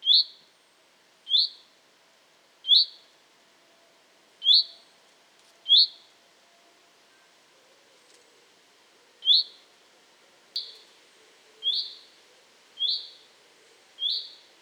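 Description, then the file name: Common chaffinch calling, short sharp high notes given singly at uneven intervals, about ten in all, with a quiet background. "Fringilla coelebs"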